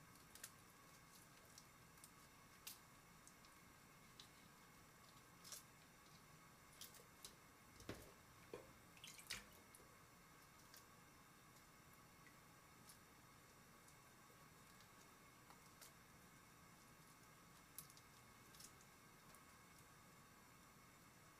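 Washing up dishes: a steady low hum runs throughout, with scattered light clinks and knocks, clustering most thickly around eight to nine seconds.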